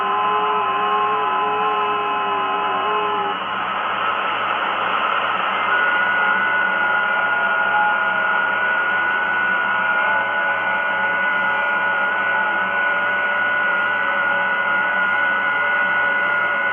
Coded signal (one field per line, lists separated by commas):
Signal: FT8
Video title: Tecsun PL-330 FT8 Decoding with FT8RX Android app using telescopic antenna only_Full-HD.mp4